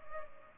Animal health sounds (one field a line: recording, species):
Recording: mosquito wingbeat signal from an infrared sensor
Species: Culex pipiens